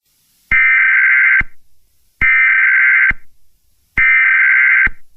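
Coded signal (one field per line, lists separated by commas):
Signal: Emergency Alert System (SAME) tones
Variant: header bursts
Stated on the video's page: Fictional EAS scenario made for horror videos.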